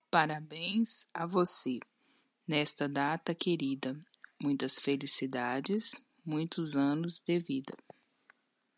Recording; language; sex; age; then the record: short text; Brazilian Portuguese; female; 30 to 39 years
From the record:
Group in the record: control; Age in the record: 34 years